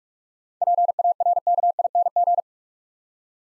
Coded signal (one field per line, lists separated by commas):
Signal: Morse code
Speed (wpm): 43 wpm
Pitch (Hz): 700 Hz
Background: none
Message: PARKING